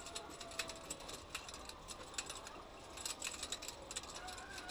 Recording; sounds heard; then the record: poultry house recording; healthy chickens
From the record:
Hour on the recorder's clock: 8